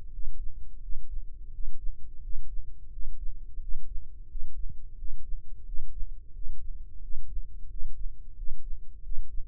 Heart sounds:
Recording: heart sounds by microphone in the left ear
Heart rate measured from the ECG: 88 bpm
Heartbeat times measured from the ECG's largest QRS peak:
0.10 s: heartbeat
0.79 s: heartbeat
1.50 s: heartbeat
2.20 s: heartbeat
2.89 s: heartbeat
3.58 s: heartbeat
4.26 s: heartbeat
4.95 s: heartbeat
5.63 s: heartbeat
6.31 s: heartbeat
6.99 s: heartbeat
7.67 s: heartbeat
8.33 s: heartbeat
9.00 s: heartbeat
From the record:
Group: healthy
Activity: breath hold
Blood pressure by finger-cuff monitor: 100/66 mmHg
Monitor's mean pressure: 75 mmHg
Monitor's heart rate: 87 bpm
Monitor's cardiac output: 7.1 L/min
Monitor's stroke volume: 81 mL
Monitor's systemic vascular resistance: 750 dyn s/cm5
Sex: male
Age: 19 years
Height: 178 cm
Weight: 83 kg

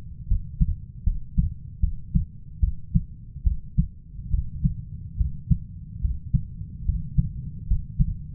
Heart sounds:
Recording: heart sounds by stethoscope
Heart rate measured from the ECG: 73 bpm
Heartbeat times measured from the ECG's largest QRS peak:
0.28 s: heartbeat
1.04 s: heartbeat
1.80 s: heartbeat
2.60 s: heartbeat
3.43 s: heartbeat
4.30 s: heartbeat
5.17 s: heartbeat
6.01 s: heartbeat
6.85 s: heartbeat
7.67 s: heartbeat
From the record:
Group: healthy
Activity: rest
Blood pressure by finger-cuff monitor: 139/66 mmHg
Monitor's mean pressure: 90 mmHg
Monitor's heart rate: 72 bpm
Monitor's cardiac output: 6.4 L/min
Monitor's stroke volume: 94 mL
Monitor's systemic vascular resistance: 950 dyn s/cm5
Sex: female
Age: 37 years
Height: 168 cm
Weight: 70 kg

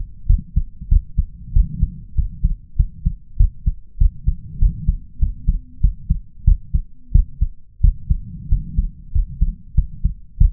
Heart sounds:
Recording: heart sounds by stethoscope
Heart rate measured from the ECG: 95 bpm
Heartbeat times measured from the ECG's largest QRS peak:
0.26 s: heartbeat
0.88 s: heartbeat
1.52 s: heartbeat
2.14 s: heartbeat
2.76 s: heartbeat
3.36 s: heartbeat
3.97 s: heartbeat
4.58 s: heartbeat
5.18 s: heartbeat
5.80 s: heartbeat
6.44 s: heartbeat
7.11 s: heartbeat
7.80 s: heartbeat
8.48 s: heartbeat
9.11 s: heartbeat
9.74 s: heartbeat
10.37 s: heartbeat
From the record:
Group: healthy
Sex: male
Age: 21 years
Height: 180 cm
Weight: 67.5 kg

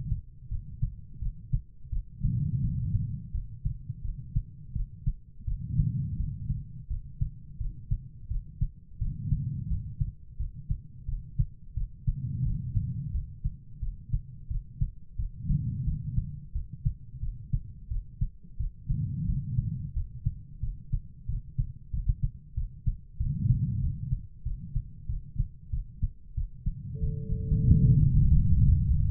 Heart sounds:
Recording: heart sounds by stethoscope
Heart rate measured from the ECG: 89 bpm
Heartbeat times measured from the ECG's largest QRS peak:
0.48 s: heartbeat
1.19 s: heartbeat
1.89 s: heartbeat
2.60 s: heartbeat
3.31 s: heartbeat
4.01 s: heartbeat
4.73 s: heartbeat
5.44 s: heartbeat
6.16 s: heartbeat
6.87 s: heartbeat
7.57 s: heartbeat
8.28 s: heartbeat
8.98 s: heartbeat
9.67 s: heartbeat
10.36 s: heartbeat
11.05 s: heartbeat
11.74 s: heartbeat
12.43 s: heartbeat
13.11 s: heartbeat
13.79 s: heartbeat
14.47 s: heartbeat
15.16 s: heartbeat
15.84 s: heartbeat
16.52 s: heartbeat
17.20 s: heartbeat
17.88 s: heartbeat
18.57 s: heartbeat
19.25 s: heartbeat
19.93 s: heartbeat
20.60 s: heartbeat
21.26 s: heartbeat
21.90 s: heartbeat
22.54 s: heartbeat
23.17 s: heartbeat
23.79 s: heartbeat
24.43 s: heartbeat
25.06 s: heartbeat
25.70 s: heartbeat
26.34 s: heartbeat
26.99 s: heartbeat
27.64 s: heartbeat
28.28 s: heartbeat
28.91 s: heartbeat
From the record:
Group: healthy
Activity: rest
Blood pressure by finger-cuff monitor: 95/56 mmHg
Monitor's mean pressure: 70 mmHg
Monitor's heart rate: 87 bpm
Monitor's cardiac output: 6.6 L/min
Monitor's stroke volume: 77 mL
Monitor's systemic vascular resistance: 760 dyn s/cm5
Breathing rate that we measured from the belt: 18 breaths a minute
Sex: female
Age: 43 years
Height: 160 cm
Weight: 90 kg

